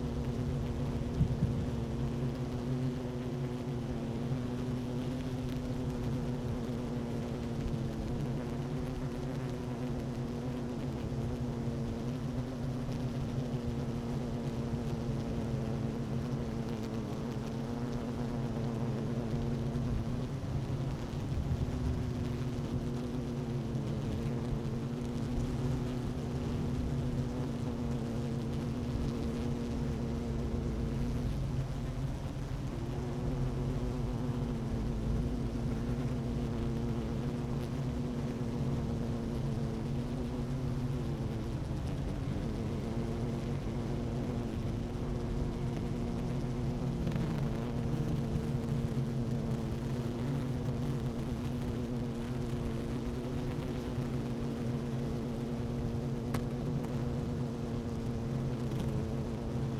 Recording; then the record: honeybee colony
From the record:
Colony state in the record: active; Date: 12 June 2018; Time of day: 11:42